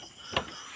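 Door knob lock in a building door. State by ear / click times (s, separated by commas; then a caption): seated / 0.4 s. A security guard closes a building door and locks it at the door knob, and a single sharp click sounds at 0.4 s over a quiet background. The door knob lock is now locked.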